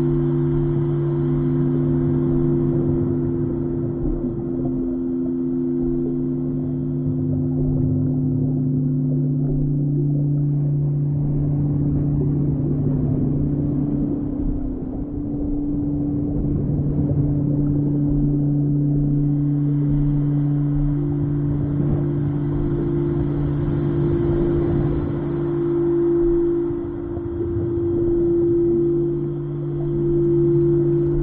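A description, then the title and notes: Singing bowls hum in long, overlapping low tones over a deep, steady rumble. The pitches shift slightly between about 10 and 20 seconds, then settle again. Loudness stays even throughout, with a soft hiss and a faint high shimmer at the start and end. Soundscape singing bowls, deep sea healing on the Great Barrier Reef.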